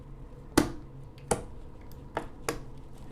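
A DDR memory module is pressed firmly down into a motherboard DIMM slot, and the plastic retention latch snaps closed. Sharp clicks land at 0.6 s and 1.3 s, followed by two softer clicks at about 2.2 s and 2.5 s over a quiet background. The module is seated and secure.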